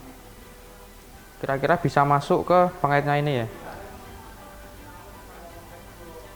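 A cable termination connector is lined up with the latch hook on a pump cable after a slotted screw has been loosened, so the connector can enter the hook. Someone talks from about 1.4 to 3.5 seconds over a low steady background. Nothing has seated or clicked yet.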